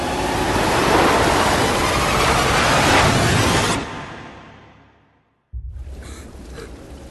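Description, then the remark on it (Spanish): A loud, dense roar of rushing water, a huge wall of dark tsunami water running through hotel gardens in Juan Antonio Bayona's film about the 2004 Southeast Asia tsunami, surges for nearly four seconds, then fades into a brief silence before a lower, churning rumble resumes. “Mientras María se paraliza de miedo, un inmenso muro de agua oscura corre por los jardines del hotel hacia ella.”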